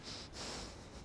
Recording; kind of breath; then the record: one breath in and out by a microphone near the nose and mouth; strong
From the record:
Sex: male